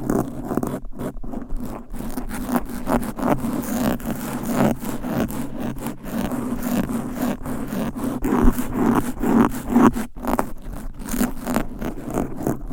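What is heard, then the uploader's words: Fast, aggressive scratching on a microphone, a dense run of rough rasping strokes with a strong low thump and frequent sharp gaps throughout. ASMR Fast and Aggressive Mic Scratching.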